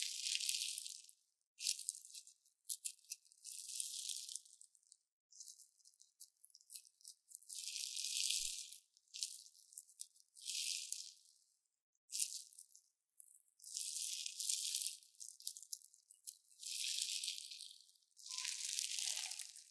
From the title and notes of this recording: 療癒滿滿的史萊姆聲音. Satisfying Crunchy Slime Sounds | No Talking.